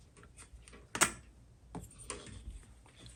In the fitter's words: and then this thing will go right back on listen for the click when you push it down